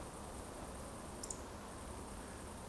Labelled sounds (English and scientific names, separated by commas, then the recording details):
Eurasian Woodcock (Scolopax rusticola) whistle
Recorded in Baden-Württemberg, Germany, on 23 June 2020 at 20:21 UTC
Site 14569, 102 m above sea level